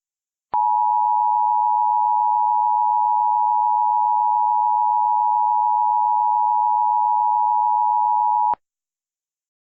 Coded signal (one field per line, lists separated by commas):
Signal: Emergency Alert System (SAME) tones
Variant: 853 and 960 Hz attention tone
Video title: *VALID TONES* Hurricane Dorian EAS Compilation